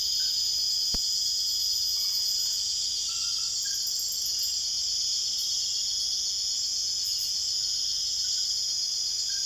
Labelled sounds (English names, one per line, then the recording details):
none
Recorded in secondary vegetation near Puerto Asís, Putumayo, Colombia, on 22 June 2025
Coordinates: 0.488, -76.319
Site G094